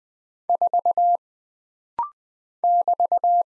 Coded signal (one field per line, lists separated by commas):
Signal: Morse code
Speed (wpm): 20 wpm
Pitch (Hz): 700 Hz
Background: none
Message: 4 <BT>